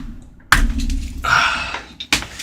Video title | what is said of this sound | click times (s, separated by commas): Putting Off Windows Updates to Fix More HomePods | Of course, you need to push it all the way in until it gives a nice satisfying click. | 0.5 s